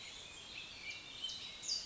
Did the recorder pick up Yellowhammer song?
no